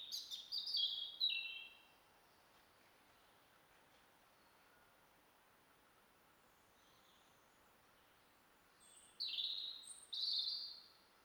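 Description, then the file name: European robin song: a high warbling phrase at the start, a long pause, then two more thin trilling phrases near the end; soft background hiss. "Erithacus rubecula"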